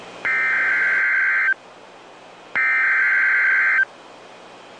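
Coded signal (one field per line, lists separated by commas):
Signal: Emergency Alert System (SAME) tones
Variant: header bursts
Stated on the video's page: A fictional EAS scenario.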